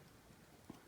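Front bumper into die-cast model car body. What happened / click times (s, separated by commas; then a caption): The part is being pressed but has not clearly seated / none. The front bumper of a die-cast VW Beetle model is pressed firmly from behind into the die-cast model car body, with a quiet low background and one brief soft knock near 0.7 s. The bumper has not seated or clicked into place yet.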